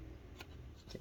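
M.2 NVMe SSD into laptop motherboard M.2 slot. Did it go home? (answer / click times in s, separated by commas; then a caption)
yes / 0.4 s. An M.2 NVMe SSD, inserted at an angle, is pressed into the M.2 slot on an Acer Aspire F5-573 Series F5-573G-56CD laptop motherboard. A short, sharp click at 0.4 s marks it seating in place over a low background hum, followed by faint handling sounds near the end.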